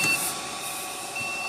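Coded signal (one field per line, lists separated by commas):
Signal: beep code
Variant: Dell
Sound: high steady beeps repeating about once a second over loud fan-like hiss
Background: fan noise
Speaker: it's beeping and he got that message that says PCI E high-end graphics power not connected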